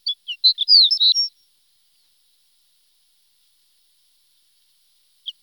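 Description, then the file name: Horned lark giving one brief, high phrase of quick chirps lasting about a second, followed by quiet and a single brief note at the end. "shore lark"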